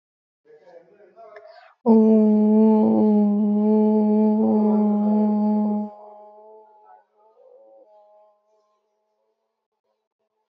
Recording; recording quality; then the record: sustained vowel as in boot; excellent, no background noise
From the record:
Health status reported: healthy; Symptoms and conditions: none ticked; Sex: female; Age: 23 years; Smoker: not ticked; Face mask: not worn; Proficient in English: yes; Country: India